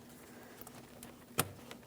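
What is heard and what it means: The second plastic vacuum line quick-connect is pressed straight onto its intake port on a 2015-2025 Ford Transit 250 3.7L V6, with a few faint ticks before and after. It snaps on with one sharp, bright click at 1.4 s, and the line is seated.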